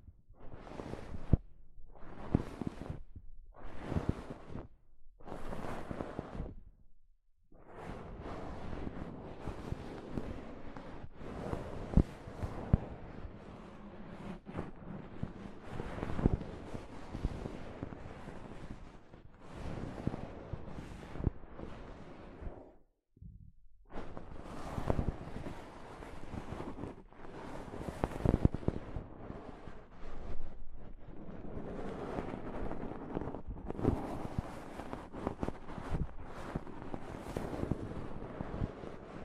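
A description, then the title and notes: Soft fabric brushes across a microphone in rustling strokes. The first few seconds bring short separate swipes; after that the rubbing turns longer and more continuous, breaking off briefly near 23 seconds before resuming with sharper bright swishes and a low rumbling undertone. ASMR Mic Brushing using Soft Fabric (No Talking).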